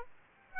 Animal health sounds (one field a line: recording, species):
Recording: mosquito wingbeat signal from an infrared sensor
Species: Aedes aegypti